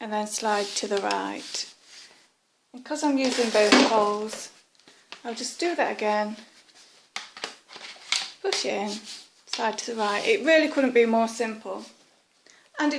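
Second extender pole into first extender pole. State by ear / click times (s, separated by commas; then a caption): seated / 7.2 s. Someone talks while a second plastic extender pole for a Polti Vaporetto Eco Pro 3000 is pushed into the first extender pole and slid to the right to lock. A sharp click at 7.2 s marks it seating, followed by a few smaller knocks. The pole ends up locked in and feels very secure.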